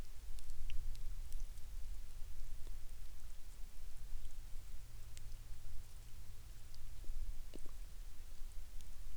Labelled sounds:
rain
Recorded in the Prudhoe Bay oil fields, Alaska, on 11 May 2019 at 17:22
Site 21

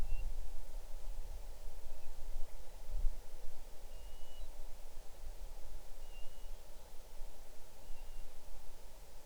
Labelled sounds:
bird
wind
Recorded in the Arctic National Wildlife Refuge, Alaska, on 6 July 2019 at 00:36
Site 39

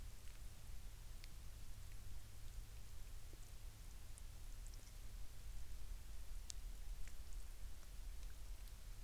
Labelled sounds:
rain
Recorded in the Prudhoe Bay oil fields, Alaska, on 11 May 2019 at 17:23
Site 21

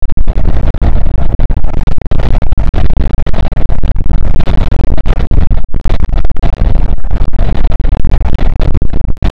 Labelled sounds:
wind
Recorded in the Arctic National Wildlife Refuge, Alaska, on 5 June 2019 at 00:01
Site 48

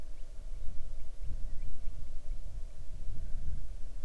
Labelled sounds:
bird
insects
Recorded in the Arctic National Wildlife Refuge, Alaska, on 6 July 2019 at 00:07
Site 39

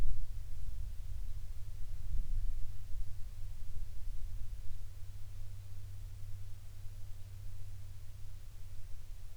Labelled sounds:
near silence
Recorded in the Arctic National Wildlife Refuge, Alaska, on 31 July 2019 at 14:17
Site 40

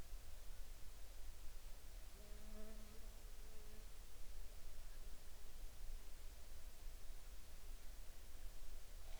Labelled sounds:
water
insects
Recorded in the Arctic National Wildlife Refuge, Alaska, on 6 July 2019 at 23:19
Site 43

